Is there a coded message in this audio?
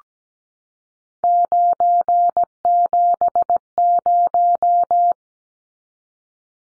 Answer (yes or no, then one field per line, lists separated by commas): yes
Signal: Morse code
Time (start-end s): 1.2-5.1 s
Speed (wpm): 17 wpm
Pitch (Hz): 700 Hz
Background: none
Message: 970